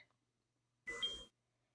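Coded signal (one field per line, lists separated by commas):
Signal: beep code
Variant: Nano BTE Plus hearing aid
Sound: two quick beeps, the second higher in pitch, over soft background hiss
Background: room hiss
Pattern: 2 short, low then high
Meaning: The hearing aid has reached its minimum volume level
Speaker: When the minimum volume level is reached (volume level one), you'll hear a two-tone beep.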